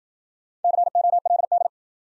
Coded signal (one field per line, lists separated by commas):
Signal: Morse code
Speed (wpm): 53 wpm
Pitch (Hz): 700 Hz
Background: none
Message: COLD